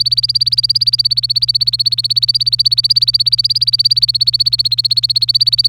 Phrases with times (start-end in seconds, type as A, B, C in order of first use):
0.00-5.68 A